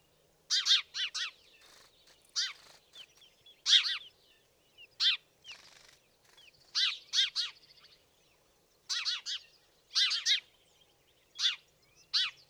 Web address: fugl g-spurv